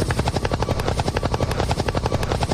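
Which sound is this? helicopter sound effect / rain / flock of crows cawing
helicopter sound effect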